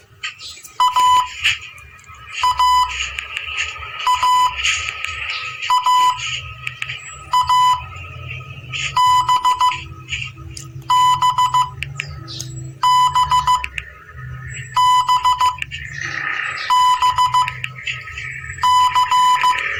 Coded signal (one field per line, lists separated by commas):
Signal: Morse code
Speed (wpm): 15 wpm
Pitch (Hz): 1000 Hz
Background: none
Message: A A A A A B B B B B C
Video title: MORSE CODE